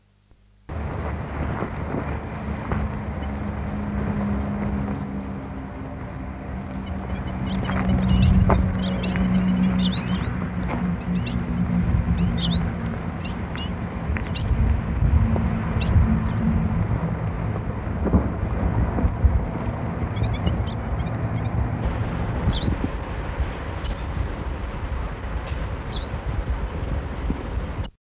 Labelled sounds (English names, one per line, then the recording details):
Citril Finch call
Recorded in the wild
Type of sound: call
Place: Clausthal-Zellerfeld, Siedlung Torfhaus, Niedersachsen, DE
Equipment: Halbspur, 9,5 cm/s
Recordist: Lütgens, Hans
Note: Rufe